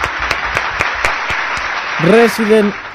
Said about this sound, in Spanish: por favor, un aplauso para esta gente del New York Times, por favor. Bien, bien, bien.